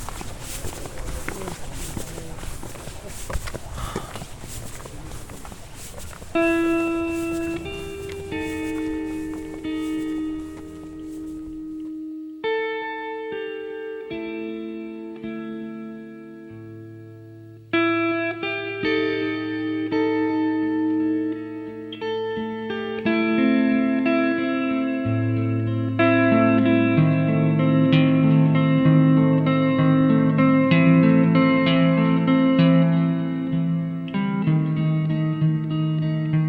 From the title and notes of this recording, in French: Balade à Cadaquès. Juste une ballade sonore à cadaquès.